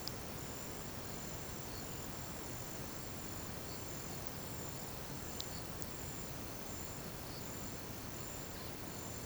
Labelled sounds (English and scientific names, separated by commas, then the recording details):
none
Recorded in pastures near Puerto Asís, Putumayo, Colombia, on 21 March 2025 at 17:00
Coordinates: 0.486, -76.323
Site G075